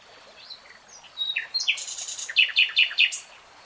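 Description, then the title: Nightingale song: soft whistles build into a busy, scratchy phrase that ends in a series of evenly spaced loud notes. Real-time recording. "[Tiếng chim hót] Nightingale Singing"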